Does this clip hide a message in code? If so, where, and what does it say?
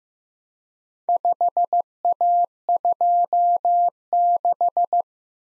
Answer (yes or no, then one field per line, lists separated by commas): yes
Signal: Morse code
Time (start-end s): 1.1-5.0 s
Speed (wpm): 15 wpm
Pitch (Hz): 700 Hz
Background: none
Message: 5A26